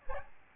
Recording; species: mosquito wingbeat signal from an infrared sensor; Aedes albopictus